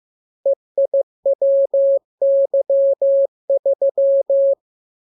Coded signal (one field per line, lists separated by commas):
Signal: Morse code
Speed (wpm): 15 wpm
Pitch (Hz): 550 Hz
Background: none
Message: EIWY3